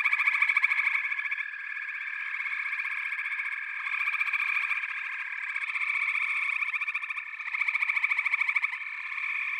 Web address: Nature Songs Nature Sounds The Natural Sounds of the Wilderness 10 CDs collection Echoes of Nature - Frog Chorus